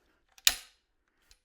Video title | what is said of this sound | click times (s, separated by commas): The Russian Baikal Hinge Action REVIEWED! | You hear that click? Well, that's the ejector throwing the spent shell out. | 0.5 s